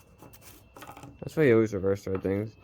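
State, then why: Not seated. An engine oil filler cap is being handled on a 2ZZGE valve cover after it was cross-threaded, with faint rubbing and small handling sounds near 0.8 and 1.0 seconds. Someone then talks. The cap has not seated or clicked yet in this clip.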